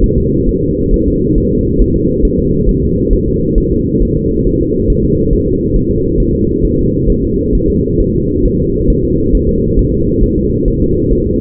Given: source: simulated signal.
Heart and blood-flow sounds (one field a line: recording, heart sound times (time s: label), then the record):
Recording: fetal heart sounds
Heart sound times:
0.04 s: S1
0.18 s: S2
0.49 s: S1
0.63 s: S2
0.94 s: S1
1.08 s: S2
1.38 s: S1
1.52 s: S2
1.81 s: S1
1.96 s: S2
2.25 s: S1
2.39 s: S2
2.69 s: S1
2.83 s: S2
3.13 s: S1
3.28 s: S2
3.58 s: S1
3.72 s: S2
4.03 s: S1
4.17 s: S2
4.47 s: S1
4.61 s: S2
4.90 s: S1
5.04 s: S2
5.33 s: S1
5.48 s: S2
5.76 s: S1
5.91 s: S2
6.20 s: S1
6.34 s: S2
6.65 s: S1
6.79 s: S2
7.10 s: S1
7.24 s: S2
7.55 s: S1
7.70 s: S2
8.01 s: S1
8.15 s: S2
8.46 s: S1
8.60 s: S2
8.90 s: S1
9.04 s: S2
9.35 s: S1
9.49 s: S2
9.79 s: S1
9.94 s: S2
10.24 s: S1
10.38 s: S2
10.68 s: S1
10.82 s: S2
11.12 s: S1
11.27 s: S2
From the record:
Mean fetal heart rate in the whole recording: 135 bpm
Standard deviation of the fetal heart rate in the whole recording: 3 bpm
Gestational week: 36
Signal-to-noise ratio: -10.2 dB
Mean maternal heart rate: 72 bpm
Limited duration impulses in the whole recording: present